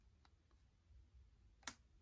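A plastic U-shaped arm of a folding wig stand is pushed hard into the stand's plastic top ring. After faint ticks against a low background hum, it snaps into place with a single sharp click at 1.7 s, and the arm is seated.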